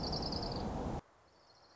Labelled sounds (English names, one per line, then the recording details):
Orange-crowned Warbler
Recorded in Sonoma County, California